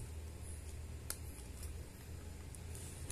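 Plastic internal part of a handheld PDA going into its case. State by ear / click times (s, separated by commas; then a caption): not seated / none. A plastic internal part of a vintage Palm Pilot Professional (PalmOS III) handheld, which already looked badly fitted, is pressed into its case during reassembly. Over a low steady hum there are faint plastic ticks around 1.1 s and 2.5 s, then a sharper, louder pair of taps at about 3.1 s. The part does not fit in, and nothing has seated or clicked yet.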